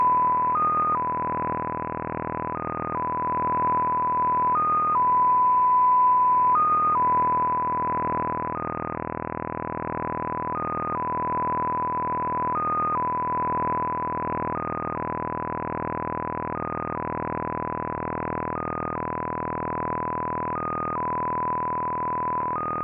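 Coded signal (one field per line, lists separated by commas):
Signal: multi-tone FSK (Olivia or MFSK type)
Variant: XPA2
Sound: a pure tone holding near 1 kHz, hopping briefly to a slightly higher pitch now and then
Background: radio static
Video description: XPA2 is a digital mode of the Russian 7 operator. It utilizes a custom 14-tone MFSK system.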